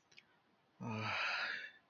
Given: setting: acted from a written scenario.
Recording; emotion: vocal sound without words; relief